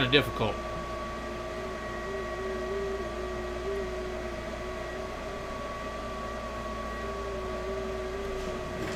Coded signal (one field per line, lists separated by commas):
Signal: FT8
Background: speech